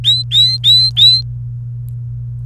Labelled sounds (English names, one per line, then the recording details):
Domestic Canary song
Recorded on 29 April 2018 at 11:00
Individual llb3